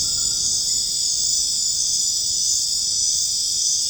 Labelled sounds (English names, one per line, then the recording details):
none
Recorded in dense forest near Puerto Asís, Putumayo, Colombia, on 29 June 2025 at 21:00
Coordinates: 0.481, -76.323
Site G072